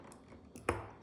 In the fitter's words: there we go hear that click that's what you want to hear